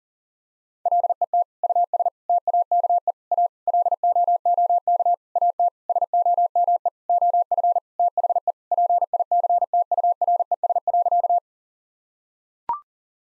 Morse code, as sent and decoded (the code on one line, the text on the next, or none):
.-.. . - / ..- ... / - .- -.- . / .- / .-.. --- --- -.- / .- - / ... --- -- . / --- ..-. / - .... . / .--. .. -.-. - ..- .-. . ... .-.-.-
LET US TAKE A LOOK AT SOME OF THE PICTURES.